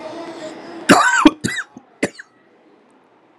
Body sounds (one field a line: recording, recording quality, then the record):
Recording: heavy voluntary cough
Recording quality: excellent, no background noise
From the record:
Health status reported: healthy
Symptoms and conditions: none ticked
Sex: male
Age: 41 years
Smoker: yes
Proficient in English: yes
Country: India